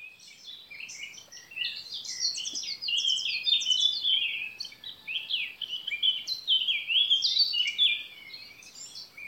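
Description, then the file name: Eurasian blackcap singing a continuous hurried warble of jumbled, rising and falling notes, building louder in the middle, with steady low background noise. "Sylvia atricapilla"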